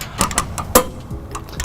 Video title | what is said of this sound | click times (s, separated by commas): Draw-Tite 75528- Hitch Installation | soon as you hear that click you know we're at the correct torque | 0.8 s